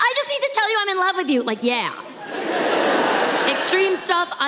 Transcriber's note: laughter